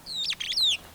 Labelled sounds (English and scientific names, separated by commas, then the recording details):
Superb Starling (Lamprotornis superbus) flight call
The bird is a female
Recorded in Kenya on 25 April 2009 at 09:58
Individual 84, of group SRB1